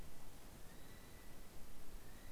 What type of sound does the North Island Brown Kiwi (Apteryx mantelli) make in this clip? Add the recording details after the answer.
male call. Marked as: faintness 3/5. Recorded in New Zealand on 7 November 2014. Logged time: 22:14. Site CJ68